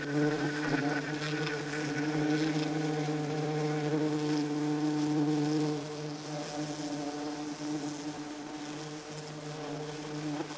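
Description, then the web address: Bee buzzing as a steady, droning hum with layered tones, swelling slightly and easing off after about six seconds. "znane owady pszczoly dzwiek"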